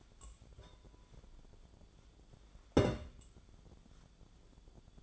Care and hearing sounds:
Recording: daily activity, microphone in the room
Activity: take from stove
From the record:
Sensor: 5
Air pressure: 1010.1 hPa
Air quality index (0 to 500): 148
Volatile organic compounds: 3 ppm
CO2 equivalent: 1442 ppm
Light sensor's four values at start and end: 264/639/274/301 and 261/628/270/299

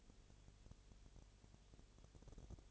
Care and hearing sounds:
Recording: daily activity, microphone in the room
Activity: no activity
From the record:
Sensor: 4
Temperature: 22.7 degrees Celsius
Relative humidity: 32.0%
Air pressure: 1008.1 hPa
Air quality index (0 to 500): 114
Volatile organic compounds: 2 ppm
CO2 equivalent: 1108 ppm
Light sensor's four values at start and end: 2/3/1/1 and 2/3/1/1

